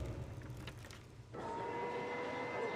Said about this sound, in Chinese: 次日一大早，我和要不然黄嫣嫣约了在北京站集合，坐火车前往安阳。